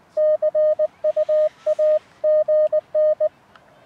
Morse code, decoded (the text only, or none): CUAGN